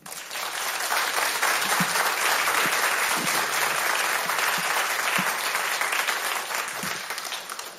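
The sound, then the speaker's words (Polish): An audience applauds steadily for several seconds, a dense, even wash of clapping that holds at a consistent loudness throughout, with no voices standing out. “Jeszcze raz poproszę o brawa.”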